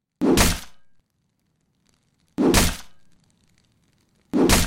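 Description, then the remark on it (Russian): A blade chops into a forest sheep carcass three times as it is butchered, each blow a loud, heavy thunk with a brief cracking edge that fades quickly, spaced about two seconds apart with quiet between. “а ты пока поупражняйся в разделке лесной овцы. Руби ее, но так, чтобы лезвие не застревало».”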